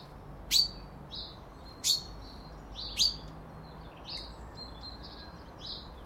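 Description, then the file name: Common chaffinch calls, short sharp high notes repeated irregularly, some louder and some softer. "Fringilla coelebs"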